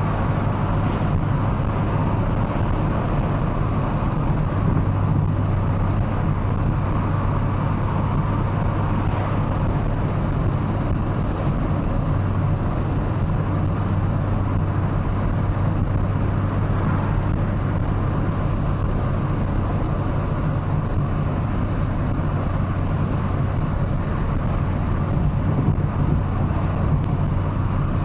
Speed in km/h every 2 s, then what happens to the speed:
117, 117, 111, 113, 114, 114, 111, 111, 113, 111, 109, 107, 106, 103.
0-17 steady at about 113. 17-28 slows to 103.